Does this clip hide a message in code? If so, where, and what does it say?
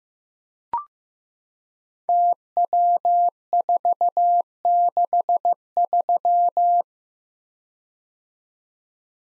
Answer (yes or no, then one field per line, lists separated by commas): yes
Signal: Morse code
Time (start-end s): 2.1-6.8 s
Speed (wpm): 15 wpm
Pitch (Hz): 700 Hz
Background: none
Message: TW463